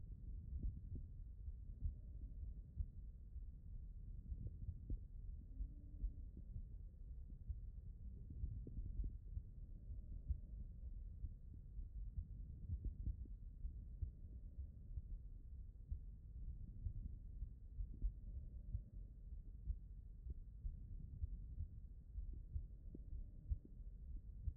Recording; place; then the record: heart sounds by stethoscope; pulmonary valve (PV)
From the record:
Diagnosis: HFrEF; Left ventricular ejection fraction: 36%